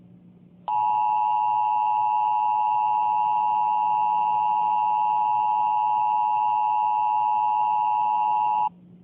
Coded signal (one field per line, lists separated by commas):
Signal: Emergency Alert System (SAME) tones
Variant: 853 and 960 Hz attention tone